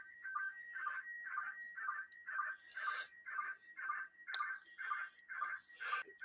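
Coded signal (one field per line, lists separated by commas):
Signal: SSTV (slow-scan television)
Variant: PD120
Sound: warbling whistle-like tones with rhythmic chirping bursts about twice a second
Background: radio static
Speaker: There's lots of different SSTV formats. The one they use is called this PD uh 120.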